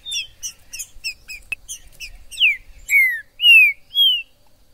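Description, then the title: Green-winged saltator singing: a run of short high chips, then four loud, drawn-out slurred whistles, each falling or gently rising. Trinca-ferro 'Major' in the forest, chirping, singing and 'macheando' (acting male) in a dispute; video meant to excite a pet trinca-ferro. "ESQUENTAR Seu TRINCA Piando, Cantando E Macheando Na DISPUTA. TRINCA FERRO no MATO Trinca ferro MAJOR no MATO"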